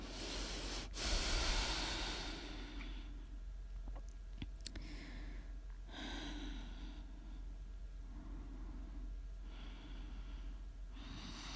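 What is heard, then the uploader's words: Snoring in slow, rough waves, each breath swelling roughly every few seconds, loudest near the start, with a low steady hum beneath and brief clicks. Please enjoy some prime ASMR snoring.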